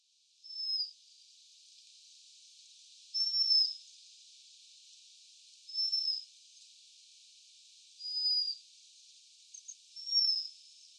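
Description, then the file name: Japanese waxwing calls: five short, very high hissing notes spaced roughly two to three seconds apart over a steady faint hiss. Tottori, Japan, 11 December 2013. "hirenjaku tottori kuroda"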